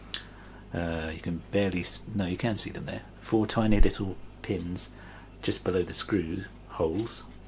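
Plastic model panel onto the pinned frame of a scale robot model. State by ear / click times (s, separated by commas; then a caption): not seated / none. A plastic panel of a scale R2-D2 model is handled over the pinned frame, lined up with four tiny locating pins just below the screw holes, while someone talks throughout. A brief sharp tick comes at 0.1 s. The panel has not yet been pressed home, so nothing has seated or clicked into place yet.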